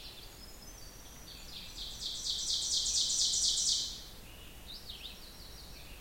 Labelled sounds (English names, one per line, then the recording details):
Ovenbird song
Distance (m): 20 m
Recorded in boreal forest in Alberta, Canada, on 16 June 2016 at 05:26
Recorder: SongMeter 3, array SBT-3-32
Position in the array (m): 136 m, 57 m
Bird 36